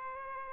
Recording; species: mosquito wingbeat signal from an infrared sensor; Aedes albopictus